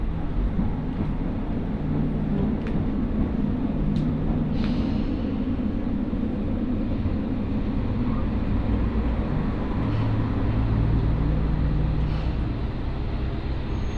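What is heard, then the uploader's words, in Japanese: A steady low rumble from a train ride on the Mizushima Rinkai Railway fills the whole stretch, with a droning engine tone that shifts slightly in pitch around the middle and near the end. A few faint clicks and short sharp noises appear early on. 耳で楽しむ鉄道旅 水島臨海鉄道 倉敷市→三菱自工前。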